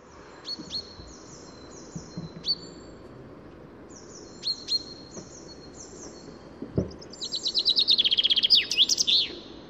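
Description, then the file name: Common chaffinch song: a rapid trill ending in a flourish near the end, preceded by thin, high repeated notes and a few soft clicks. "Fringilla coelebs"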